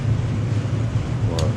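A click-type torque wrench turns another intake manifold bolt on a Mustang crate engine a little further during a repeated torque-down pass after a gasket fix, over a steady low hum. The wrench gives a sharp click at 1.4 s, showing the bolt has reached the torque setting.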